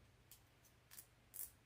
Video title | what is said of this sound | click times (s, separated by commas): Ribbon Flower Peacock Wreath on UITC Large Board | and you hear that clicking sound | 0.3 s, 0.9 s, 1.0 s, 1.4 s